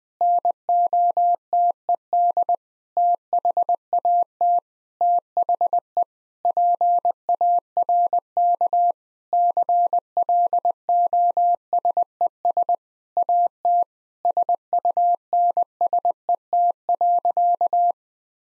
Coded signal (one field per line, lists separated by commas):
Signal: Morse code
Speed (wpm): 20 wpm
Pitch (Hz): 700 Hz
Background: none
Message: NOTED THAT THE PARK CLOSES AT SUNSET.